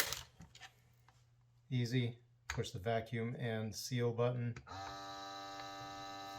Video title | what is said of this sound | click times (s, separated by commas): Vacuum Sealer - Vegetable Chopping Channel | Here we go. Push it till it clicks. | 0.0 s, 0.1 s